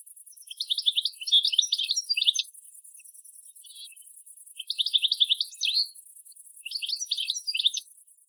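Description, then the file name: European goldfinch calls: three bursts of rapid, tinkling twittered notes, each one to two seconds long, over a steady high-pitched hiss. "Carduelis carduelis"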